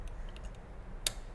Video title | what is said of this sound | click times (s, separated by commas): Part 20: INDUCTION - Industrial plain buttonhole machine | and we hear the click when we push it in that's very important now the machine's ready to go | 1.1 s